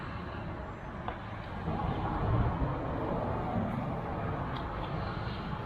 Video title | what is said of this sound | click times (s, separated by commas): 4TH Gen Maxima Gets OEM Fog Lights! | for right now we're just going to stick this in here. Once you hear that audible click, I'm going to hold that | 1.1 s